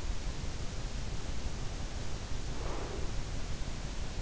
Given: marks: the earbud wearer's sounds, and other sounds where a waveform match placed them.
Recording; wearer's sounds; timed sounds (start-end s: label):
sounds in sleep by an in-ear microphone; breath
2.50-3.50 s: breath